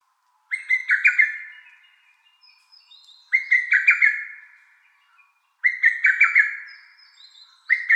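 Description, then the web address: Lesser cuckoo song: three loud staccato phrases of several sharp notes, repeated about every two and a half seconds, with a fourth beginning at the end. Recorded on 25 May 2017. "birdenaga hototogisu"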